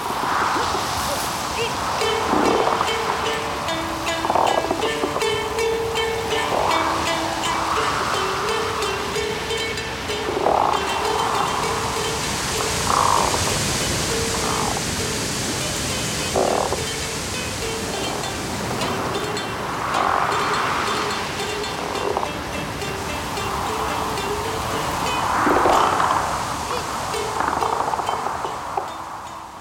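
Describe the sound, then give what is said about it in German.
A steady, loud rush of a roaring waterfall, with an ice-covered rock ledge in its midst, blends with storm wind, which swells and howls in waves over a low, wavering tonal drone, with no voices. “Auf einem völlig mit Eis bedeckten Felsvorsprung inmitten des tosenden Wasserfalls sitzt ein nackter Asket.”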